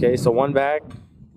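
Someone talks while handling the hammer of a North American Arms PUG mini .22 magnum revolver, drawing it back toward the first notch on the frame, the safety notch. The hammer has not yet caught in that notch, and no click is heard.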